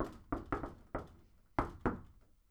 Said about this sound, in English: A sudden loud knock on the front door.